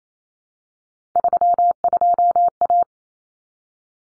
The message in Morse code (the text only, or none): 32A